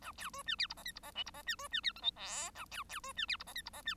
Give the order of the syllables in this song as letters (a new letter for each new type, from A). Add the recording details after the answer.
A B C D E F G H F G I F G D C D E J K L A B B C D E F G H F G D. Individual Bird1